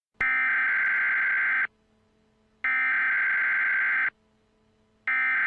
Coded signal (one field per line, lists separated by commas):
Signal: Emergency Alert System (SAME) tones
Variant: header bursts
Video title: EAS Scenario: The World of Flashpoint - The July Insurrection